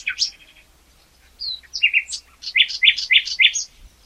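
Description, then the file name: Common nightingale song: scattered whistled notes, then a rapid series of loud repeated chirps. "Luscinia megarhynchos"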